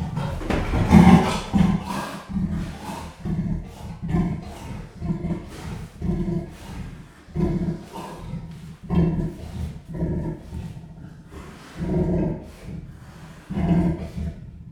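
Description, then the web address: Leopard giving a rasping, sawing call of low grunting bursts repeated roughly every second, with a few louder strokes standing out. Captive leopard at a zoo in Jászberény, Hungary, 2015. "allathangok jaszberenyizoo 2015 leopard kissefelhangosodik"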